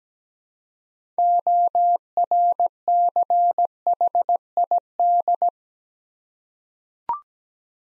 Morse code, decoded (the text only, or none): ORCHID